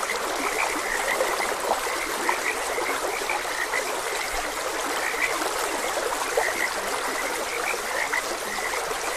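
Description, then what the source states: Frogs croaking together in short repeated notes, heard against the steady trickle and rush of a stream. Frogs croaking beside a gentle stream.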